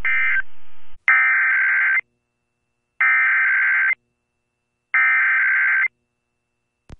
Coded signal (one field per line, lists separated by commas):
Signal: Emergency Alert System (SAME) tones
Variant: header bursts